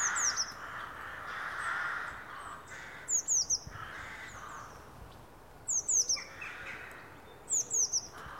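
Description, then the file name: Eurasian blue tit giving high, thin, rapidly falling notes in bursts of three, repeated every few seconds, with faint background noise. "Cyanistes caeruleus"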